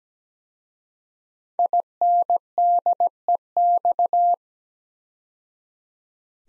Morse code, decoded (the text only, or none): INDEX